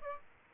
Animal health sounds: mosquito wingbeat signal from an infrared sensor; Aedes aegypti

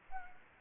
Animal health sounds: mosquito wingbeat signal from an infrared sensor; Anopheles gambiae

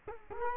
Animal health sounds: mosquito wingbeat signal from an infrared sensor; Culex quinquefasciatus

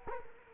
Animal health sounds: mosquito wingbeat signal from an infrared sensor; Culex quinquefasciatus

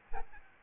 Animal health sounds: mosquito wingbeat signal from an infrared sensor; Aedes albopictus

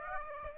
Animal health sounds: mosquito wingbeat signal from an infrared sensor; Aedes aegypti

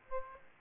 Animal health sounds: mosquito wingbeat signal from an infrared sensor; Aedes aegypti

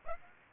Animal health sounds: mosquito wingbeat signal from an infrared sensor; Aedes aegypti

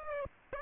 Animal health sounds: mosquito wingbeat signal from an infrared sensor; Aedes aegypti

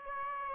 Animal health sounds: mosquito wingbeat signal from an infrared sensor; Aedes aegypti

